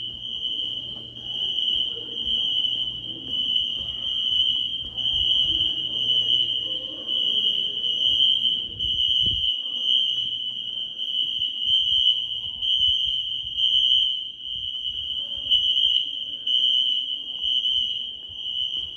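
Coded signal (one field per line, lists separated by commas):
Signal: alarm pattern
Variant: Wheelock NS horn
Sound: loud continuous buzzing electronic fire horn held without breaks for the whole clip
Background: room noise, faint voices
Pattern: continuous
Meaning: A continuously sounding horn signals a fire alarm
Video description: Early 2000s fire alarm system using white wheelock NS horn strobes.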